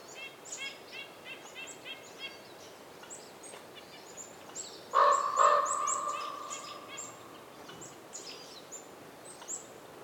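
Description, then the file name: Raven giving a loud, ringing double call that fades slowly, after a burst of quick, repeated high chirps from small birds. Winter forest by day in the North Laurentian Woods, Canada; raven calls reverberating, with other birds chirping. "WINTER Forest day raven calls reverberating and other birds chirps with some wind, North Laurentian Woods, Canada"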